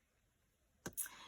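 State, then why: Seated. After its green seal is removed, a cap is screwed back onto a plastic shimmer pen barrel and gives a single sharp pop at 0.9 s as the seal inside breaks, followed by a brighter, higher-pitched burst at about 1.0 s. The pop shows the seal is broken and the cap is seated home.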